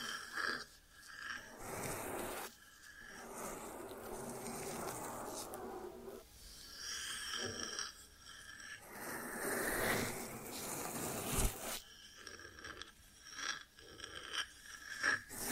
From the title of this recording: ASMR 3D Brain Penetrating Ear Treatment